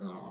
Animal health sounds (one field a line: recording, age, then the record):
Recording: pig call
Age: piglet (1 to 25 days)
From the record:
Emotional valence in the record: negative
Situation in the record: long isolation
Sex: male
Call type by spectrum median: low-frequency call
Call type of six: low-frequency modulated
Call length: 0.32 s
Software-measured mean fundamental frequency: 77 Hz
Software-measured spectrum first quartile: 202 Hz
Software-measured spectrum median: 371 Hz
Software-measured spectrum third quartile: 853 Hz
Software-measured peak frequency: 197 Hz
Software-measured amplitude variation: 106 dB a second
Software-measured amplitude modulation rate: 17.5 a second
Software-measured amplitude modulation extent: 6.1 dB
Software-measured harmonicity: 3.5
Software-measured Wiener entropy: -0.48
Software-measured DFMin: 1066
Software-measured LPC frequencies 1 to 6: 1089, 1936, 3454, 5163, 5743, 6964 Hz